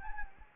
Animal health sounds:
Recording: mosquito wingbeat signal from an infrared sensor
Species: Anopheles gambiae

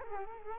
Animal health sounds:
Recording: mosquito wingbeat signal from an infrared sensor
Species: Culex quinquefasciatus

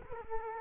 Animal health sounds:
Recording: mosquito wingbeat signal from an infrared sensor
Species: Culex quinquefasciatus

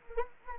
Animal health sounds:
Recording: mosquito wingbeat signal from an infrared sensor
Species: Anopheles gambiae

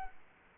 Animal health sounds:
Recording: mosquito wingbeat signal from an infrared sensor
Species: Culex quinquefasciatus

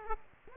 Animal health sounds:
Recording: mosquito wingbeat signal from an infrared sensor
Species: Aedes aegypti

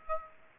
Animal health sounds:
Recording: mosquito wingbeat signal from an infrared sensor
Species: Aedes aegypti

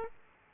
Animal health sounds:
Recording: mosquito wingbeat signal from an infrared sensor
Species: Aedes aegypti

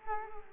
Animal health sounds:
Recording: mosquito wingbeat signal from an infrared sensor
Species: Culex quinquefasciatus

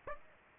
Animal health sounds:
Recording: mosquito wingbeat signal from an infrared sensor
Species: Aedes aegypti

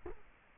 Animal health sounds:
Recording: mosquito wingbeat signal from an infrared sensor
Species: Culex quinquefasciatus

